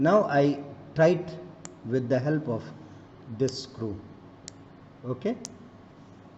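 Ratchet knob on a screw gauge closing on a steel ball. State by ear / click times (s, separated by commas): torque reached / 4.5 s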